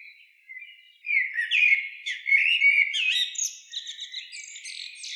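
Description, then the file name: Common blackbird singing a mellow, warbled phrase, rising and falling, then ending in a high, thin twittering flourish. "Turdus merula"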